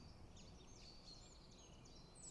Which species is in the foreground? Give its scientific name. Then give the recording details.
Phylloscopus collybita. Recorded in Germany. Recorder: ecoPi